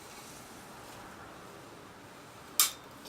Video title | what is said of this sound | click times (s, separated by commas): Photo Booth Setup | you hear that click do that for all | 2.6 s